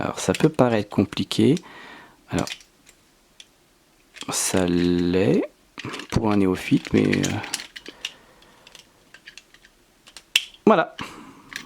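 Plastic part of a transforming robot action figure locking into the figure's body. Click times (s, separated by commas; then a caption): 10.4 s. A plastic part of a transforming robot action figure is pressed into the figure's body while someone talks. Softer handling clicks come first, then a sharp, loud snap at 10.4 s as the part locks into place. Everything is seated correctly.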